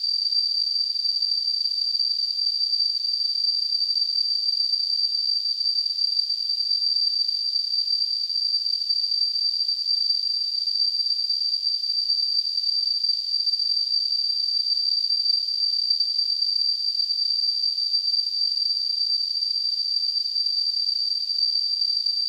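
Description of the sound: A steady, very high-pitched whistling tone holds unchanged for about 22 seconds, wrapped in a soft hiss, with no pulsing or breaks. This is a simulation of tonal ringing tinnitus, recreating the phantom tone a person with tinnitus hears.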